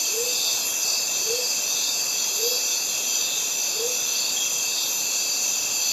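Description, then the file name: Cicadas hold a constant high buzzing drone throughout, with four brief low notes evenly spaced beneath it. Cicadas heard together with birds in a Mediterranean forest. "Cicadas and Birds in mediterranean forest"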